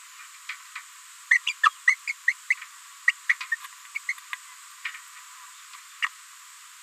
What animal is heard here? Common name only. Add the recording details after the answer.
Green-rumped Parrotlet. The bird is a female. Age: 30 days. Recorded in a nest box in Venezuela. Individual 17B73B2